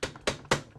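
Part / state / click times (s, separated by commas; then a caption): plastic ratchet piece on a peg in a toy robot's joint / seated / 0.0 s, 0.3 s, 0.5 s. A repaired ratchet joint on a Transformers Titans Return Trypticon plastic transforming robot toy, with its plastic ratchet piece glued to its peg, is moved through several ratchet steps. Three sharp clicks ring out at 0.0, 0.3 and 0.5 seconds, with faint softer ticks between them. The joint locks into place and now holds.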